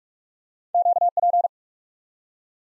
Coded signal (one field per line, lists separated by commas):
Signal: Morse code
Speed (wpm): 44 wpm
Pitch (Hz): 700 Hz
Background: none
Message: Q P